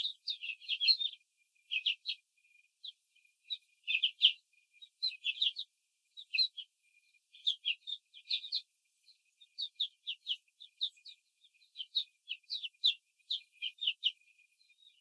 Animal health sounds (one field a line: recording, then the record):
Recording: young laying hens in a cage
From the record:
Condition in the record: control cage, before the stress test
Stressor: none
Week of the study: 4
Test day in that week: 3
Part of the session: 4